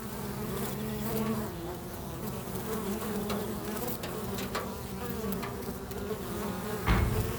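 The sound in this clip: Buzzing bees form a constant low drone with wavering hums, a few light taps, and a sharper knock near the end.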